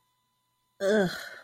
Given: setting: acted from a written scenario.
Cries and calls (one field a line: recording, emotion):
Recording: vocal sound without words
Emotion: shame